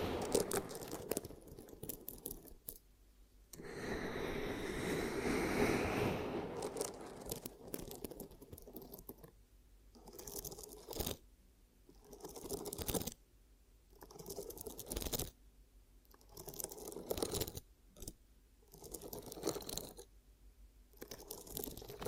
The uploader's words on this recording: ASMR 10 Ear Cupping Triggers for Deep Sleep & Relaxation (No Talking).